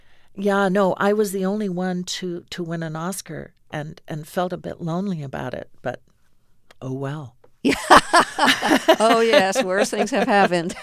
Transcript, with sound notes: Yeah. No, I was the only one to win an Oscar and felt a bit lonely about it. But oh, well.
(LAUGHTER)
Oh, yes. Worse things have happened.